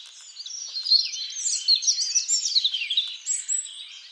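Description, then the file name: European robin song, a fast, high, varied warble of thin twittering and tinkling notes running without pause throughout. "Erithacus rubecula"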